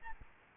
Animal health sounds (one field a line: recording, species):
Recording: mosquito wingbeat signal from an infrared sensor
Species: Aedes albopictus